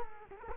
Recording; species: mosquito wingbeat signal from an infrared sensor; Culex quinquefasciatus